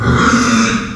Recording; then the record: squeal of a Yucatan mini pig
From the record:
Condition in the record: after surgery on the right vocal fold (resection and tissue-engineered implant); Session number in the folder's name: 11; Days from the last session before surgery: 98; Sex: female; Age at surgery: 19 weeks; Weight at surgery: 25 kg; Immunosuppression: prednisolone